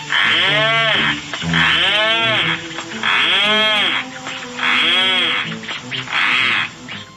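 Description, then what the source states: Rhinoceros auklet calls: five loud, moaning, harmonic groans, each arching up then down, repeated roughly every one and a half seconds over a steady background hiss. Small seabird weighing about 16 ounces; its call likened to the sound of a rhinoceros.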